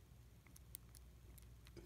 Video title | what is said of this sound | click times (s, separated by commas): (04) Bumping, Wafer Lock, and more | you put it in the lock, I usually push it in. You might hear a click. | 0.8 s